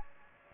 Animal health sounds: mosquito wingbeat signal from an infrared sensor; Aedes aegypti

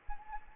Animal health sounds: mosquito wingbeat signal from an infrared sensor; Anopheles arabiensis

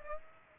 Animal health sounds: mosquito wingbeat signal from an infrared sensor; Aedes aegypti

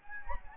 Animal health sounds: mosquito wingbeat signal from an infrared sensor; Anopheles gambiae

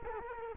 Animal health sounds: mosquito wingbeat signal from an infrared sensor; Culex quinquefasciatus

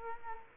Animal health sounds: mosquito wingbeat signal from an infrared sensor; Culex quinquefasciatus

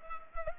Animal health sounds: mosquito wingbeat signal from an infrared sensor; Culex pipiens

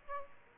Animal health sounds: mosquito wingbeat signal from an infrared sensor; Aedes aegypti

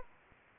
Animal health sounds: mosquito wingbeat signal from an infrared sensor; Anopheles arabiensis

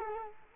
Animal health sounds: mosquito wingbeat signal from an infrared sensor; Culex quinquefasciatus

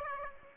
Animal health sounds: mosquito wingbeat signal from an infrared sensor; Aedes aegypti

